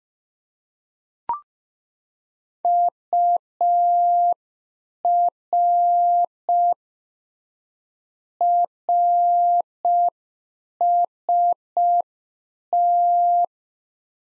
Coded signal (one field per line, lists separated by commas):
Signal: Morse code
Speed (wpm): 5 wpm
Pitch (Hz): 700 Hz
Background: none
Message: UR RST